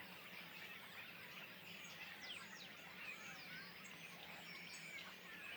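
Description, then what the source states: Common starling flock giving a constant babble of squeaky chirps and short downslurred whistles, many birds at once, over faint background hiss. Flock perched in trees beside the Louroux pond, Le Louroux, near Loches, Indre-et-Loire, France; recorded with Sennheiser MKH8020 ORTF stereo pair and Sound Devices MixPre-6 II.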